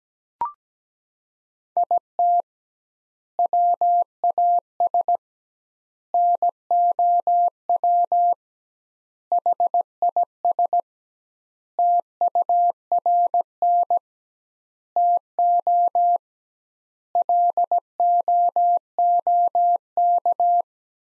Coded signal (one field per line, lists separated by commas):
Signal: Morse code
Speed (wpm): 17 wpm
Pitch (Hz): 700 Hz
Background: none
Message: IT WAS NOW HIS TURN TO LOOK